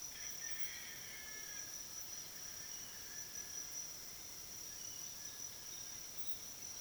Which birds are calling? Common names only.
none